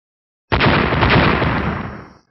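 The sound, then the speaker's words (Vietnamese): Several loud explosions burst in abruptly from the far horizon, followed by a dense, rumbling roar that holds for under two seconds before tapering off. No voices are heard. “Mấy tiếng nổ mạnh truyền tới từ chân trời phía xa, rồi bộc phát ra hào quang vô cùng chói mắt.”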